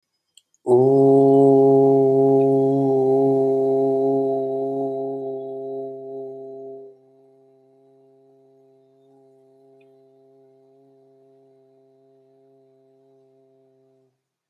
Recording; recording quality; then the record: sustained vowel as in boot; excellent, no background noise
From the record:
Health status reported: healthy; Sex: male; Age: 29 years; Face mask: not worn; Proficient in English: yes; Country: India